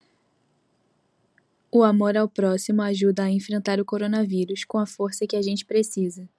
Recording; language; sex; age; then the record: spoken sentence; Brazilian Portuguese; female; 18 to 19 years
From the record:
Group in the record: control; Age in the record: 19 years